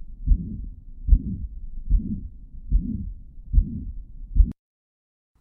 The murmur is present throughout the whole of systole between S1 and S2 a pansystolic murmur.